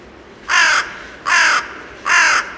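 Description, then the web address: Carrion crow giving three harsh, rasping caws, each held about a third of a second, spaced under a second apart. "birdify. corvus corone"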